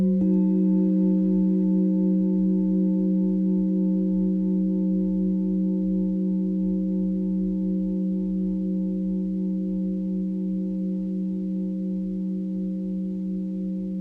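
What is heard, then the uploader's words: A Himalayan singing bowl is struck once and rings steadily with a low, pure hum and brighter overtones, fading only slightly over fourteen seconds. Himalayan Singing Bowls. Sound from ethnomusicologist and sound therapist Alexandre Tannous.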